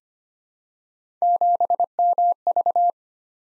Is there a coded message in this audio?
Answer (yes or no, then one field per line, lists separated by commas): yes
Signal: Morse code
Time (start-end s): 1.2-2.9 s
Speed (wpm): 25 wpm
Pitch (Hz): 700 Hz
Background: none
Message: 7MV